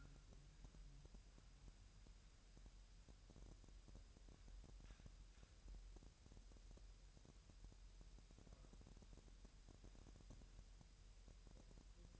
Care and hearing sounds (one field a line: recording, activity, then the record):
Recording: daily activity, microphone in the room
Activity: wipe stove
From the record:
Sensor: 2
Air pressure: 1000.7 hPa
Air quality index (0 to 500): 248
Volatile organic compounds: 96 ppm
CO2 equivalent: 3730 ppm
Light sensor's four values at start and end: 9/22/9/9 and 9/22/9/9